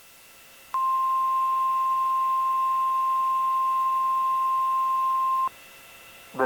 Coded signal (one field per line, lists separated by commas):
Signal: Emergency Alert System (SAME) tones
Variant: 1050 Hz attention tone